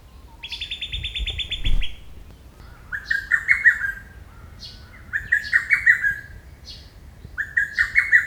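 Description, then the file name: Lesser cuckoo song: loud whistled phrases of several quick notes, repeated every two to three seconds, after an opening harsh buzzy call from another sound. "hototogisu"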